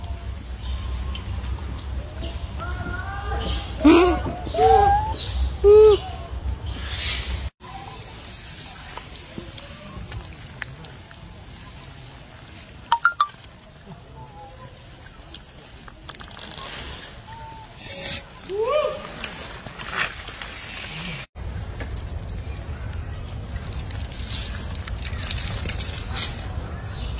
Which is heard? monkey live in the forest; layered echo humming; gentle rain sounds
monkey live in the forest